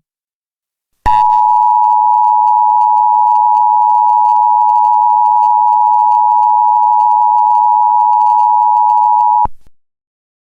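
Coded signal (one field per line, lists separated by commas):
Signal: Emergency Alert System (SAME) tones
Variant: 853 and 960 Hz attention tone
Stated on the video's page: Fictional EAS scenario about worldwide detonations.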